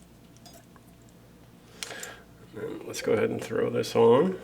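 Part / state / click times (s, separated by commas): plastic accessory onto action figure helmet / seated / 1.8 s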